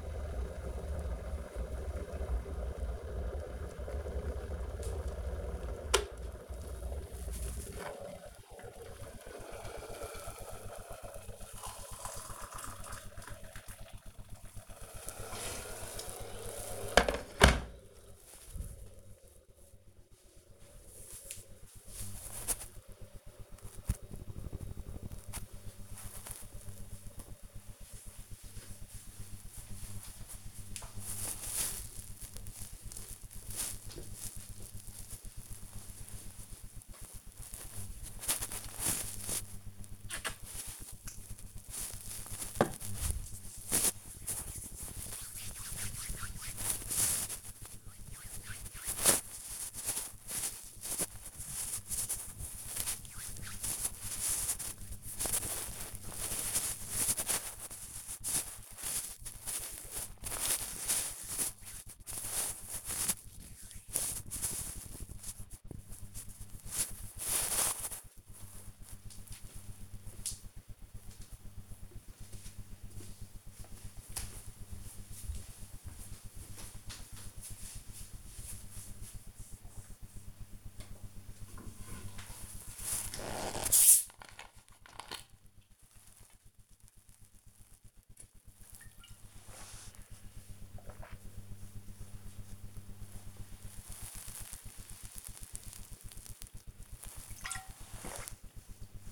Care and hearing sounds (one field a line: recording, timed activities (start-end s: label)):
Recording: household activities, microphone on the right wrist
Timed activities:
0.00-18.25 s: making tea
36.37-67.55 s: disinfecting hands
80.62-99.12 s: drinking